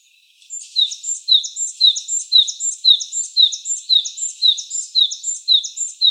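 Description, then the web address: Japanese tit singing a fast, steady repeated two-part phrase, a high thin note and a lower sharp one, roughly twice a second. Recorded 17 March 2017. "birdenaga sijukara 170317"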